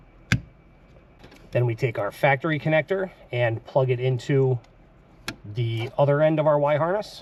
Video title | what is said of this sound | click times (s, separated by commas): FitcamX Install/Review. 2026 Toyota Sequoia TRD Pro. | until you hear it and feel it clip into place. | 0.3 s